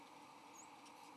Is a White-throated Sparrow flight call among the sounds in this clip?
no